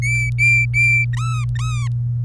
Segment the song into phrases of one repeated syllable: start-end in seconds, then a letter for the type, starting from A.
0.02-1.05 A, 1.13-1.88 B